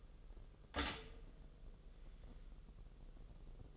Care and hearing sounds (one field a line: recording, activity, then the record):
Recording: daily activity, microphone in the room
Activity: stop toaster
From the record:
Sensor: 4